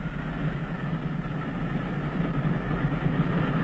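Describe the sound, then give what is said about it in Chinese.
A steady, heavy low rumble with a continuous mechanical hum, like a train rolling along the rails. It stays even in loudness throughout, with no voices. “麦坎吉上校从死者身上发现了一张到斯德哥尔摩的火车票，断定在逃的那个已经上了火车。”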